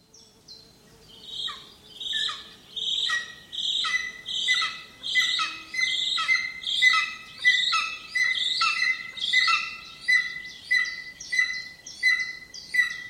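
Bird song that opens with scattered notes, then settles into a rhythmic series of rich chirping phrases repeated about every three quarters of a second.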